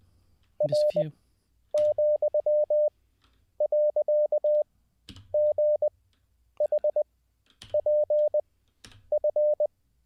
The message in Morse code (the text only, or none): R,.GHPF